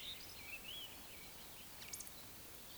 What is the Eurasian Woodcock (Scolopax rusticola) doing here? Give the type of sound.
whistle, croak